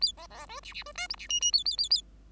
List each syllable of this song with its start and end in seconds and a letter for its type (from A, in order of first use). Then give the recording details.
0.01-0.12 A, 0.17-0.27 B, 0.30-0.46 B, 0.47-0.60 C, 0.62-0.73 D, 0.73-0.83 D, 0.85-0.92 C, 0.95-1.07 E, 1.09-1.16 F, 1.17-1.27 D, 1.29-1.40 G, 1.41-1.52 G, 1.52-1.64 A, 1.65-1.76 A, 1.78-1.89 A, 1.90-2.01 A. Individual Bird5